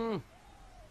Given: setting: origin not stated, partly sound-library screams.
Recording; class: one-second piece from a danger detection set; normal situation